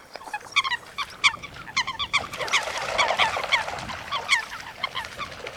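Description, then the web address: Eurasian coots calling together, a busy jumble of short nasal notes overlapping into a noisy chorus. "Foulque macroule Fulica atra. Audrey Beauduc"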